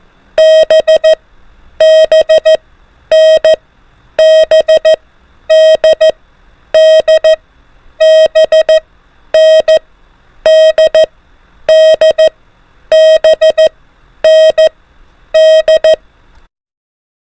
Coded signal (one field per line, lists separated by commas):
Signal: Morse code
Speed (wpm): 14 wpm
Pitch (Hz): 630 Hz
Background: none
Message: BBNBDDBNDDBND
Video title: FOR ADVANCED TRY THIS INCREASED SPEED 24 WPM / ALPHABET ONLY MORSE CODE PRACTICE